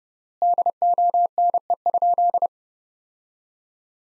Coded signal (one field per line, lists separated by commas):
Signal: Morse code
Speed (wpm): 30 wpm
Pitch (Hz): 700 Hz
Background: none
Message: DONE?